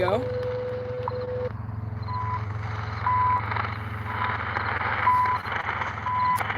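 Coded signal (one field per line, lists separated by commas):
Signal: radio time signal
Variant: CHU Canada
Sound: a steady low tone, then short high beeps about once a second through hissy static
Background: radio static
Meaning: Each 1 kHz pulse marks one second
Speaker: let's try Chu Canada 3330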